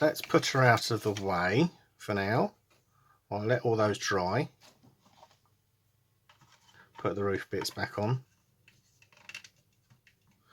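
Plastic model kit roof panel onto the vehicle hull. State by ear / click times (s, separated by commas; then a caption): seated / 9.3 s, 9.4 s. Someone talks while handling a new-tool Airfix 1:35 scale Alvis Stalwart Mk.2 plastic model vehicle kit, followed by faint light handling sounds. The removable plastic roof pieces are put back onto the hull and snap into place with sharp clicks at 9.3 s and 9.4 s. The roof panels are seated.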